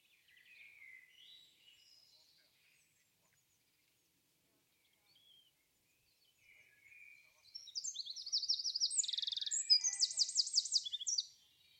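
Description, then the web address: Bird song: scattered faint chirps early on, then a loud burst of rapid high trills and buzzy notes lasting about four seconds. "cianscape birddata"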